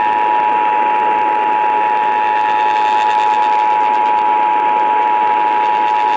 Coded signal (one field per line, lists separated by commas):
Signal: Emergency Alert System (SAME) tones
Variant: 853 and 960 Hz attention tone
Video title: DC Required Monthly Test on WFED-AM (EAS #391)